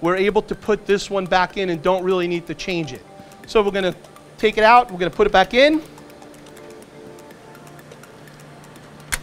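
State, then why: Seated. Someone talks while the corona wire charger unit of a Heidelberg Versafire digital production printer, still very new at only 19 percent, is put back in without being changed: it is slid into its slot and pushed home. After the talking stops, a few faint ticks sound over a low steady hum, then one sharp click at 9.1 s as the unit seats in place.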